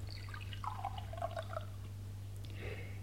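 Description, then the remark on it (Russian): Liquid is poured into a glass: a soft, bubbling gurgle, then a brighter trickle whose pitch rises as the glass fills, over a low steady hum. No one speaks. “Гляди, Стёпочка, я примушен выпить еще бокал.”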